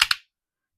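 A pistol magazine is pushed into the magazine well of a polymer CZ P-10 C pistol grip and seats with two quick, sharp clicks at 0.0 and 0.1 seconds as it pushes in and then bounces back. The two clicks are followed by silence, and the magazine is seated.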